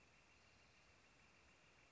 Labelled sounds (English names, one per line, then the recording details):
Northern Flicker
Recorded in Sonoma County, California